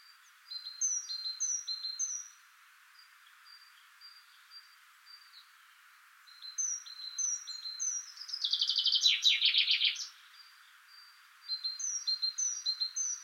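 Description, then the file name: Common chaffinch delivers one descending trilled phrase late, surrounded by many high, thin repeated notes and chirps. "Fringilla coelebs"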